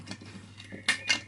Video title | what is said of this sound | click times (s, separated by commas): WPL C44KM Build Video Part One. Rolling Chassis. | they just literally snap into place like that if you can hear that | 0.9 s